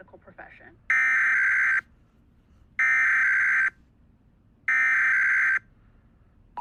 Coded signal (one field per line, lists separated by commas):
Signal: Emergency Alert System (SAME) tones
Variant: header bursts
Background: speech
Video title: Tests from this week (EAS# 579 584)